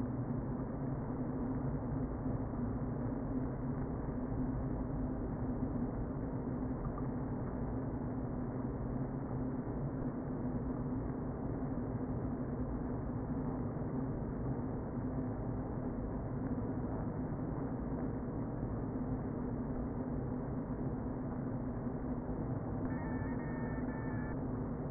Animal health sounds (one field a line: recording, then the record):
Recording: honeybee colony, microphone inside the hive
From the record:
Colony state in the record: queen present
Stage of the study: before two queens were removed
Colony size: about 60,000 bees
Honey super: yes